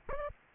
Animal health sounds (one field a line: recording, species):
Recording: mosquito wingbeat signal from an infrared sensor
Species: Culex pipiens